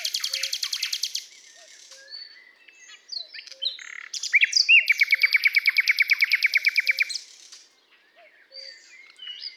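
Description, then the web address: Common nightingale singing rich phrases, including a long, loud, rapid trill of repeated chirps lasting about three seconds, with soft low notes faintly repeating underneath. "SETE data Luscinia megarhynchos"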